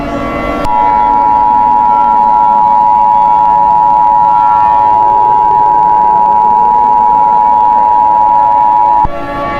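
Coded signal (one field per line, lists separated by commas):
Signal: Emergency Alert System (SAME) tones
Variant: 853 and 960 Hz attention tone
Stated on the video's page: Mock EAS alert.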